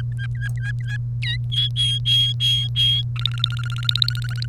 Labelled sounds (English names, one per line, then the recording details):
Domestic Canary song
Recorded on 1 May 2018 at 10:56
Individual llb3